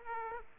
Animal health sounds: mosquito wingbeat signal from an infrared sensor; Aedes aegypti

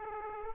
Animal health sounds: mosquito wingbeat signal from an infrared sensor; Aedes aegypti

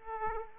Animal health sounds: mosquito wingbeat signal from an infrared sensor; Aedes aegypti

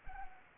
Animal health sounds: mosquito wingbeat signal from an infrared sensor; Anopheles arabiensis

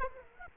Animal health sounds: mosquito wingbeat signal from an infrared sensor; Aedes aegypti

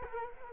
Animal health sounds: mosquito wingbeat signal from an infrared sensor; Culex quinquefasciatus

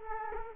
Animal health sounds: mosquito wingbeat signal from an infrared sensor; Culex quinquefasciatus

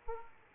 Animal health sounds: mosquito wingbeat signal from an infrared sensor; Aedes aegypti

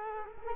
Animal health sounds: mosquito wingbeat signal from an infrared sensor; Culex quinquefasciatus

